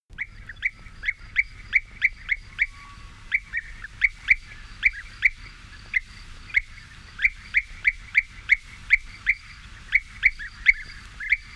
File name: Sound Effects Factory - European Bee-Eater Merops apiaster